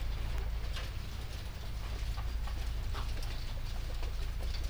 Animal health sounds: poultry house recording; sick chickens (respiratory disease)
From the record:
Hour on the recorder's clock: 1

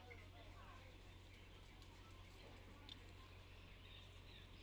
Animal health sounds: poultry house recording; healthy chickens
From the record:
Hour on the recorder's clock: 10

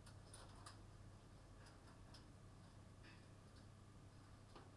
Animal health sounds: poultry house recording; no chicken sound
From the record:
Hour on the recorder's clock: 21

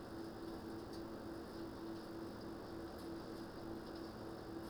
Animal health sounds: poultry house recording; no chicken sound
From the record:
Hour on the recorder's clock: 20

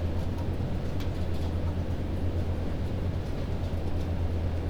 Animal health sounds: poultry house recording; healthy chickens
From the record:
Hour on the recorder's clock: 22

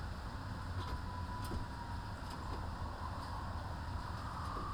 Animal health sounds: poultry house recording; healthy chickens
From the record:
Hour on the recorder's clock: 13

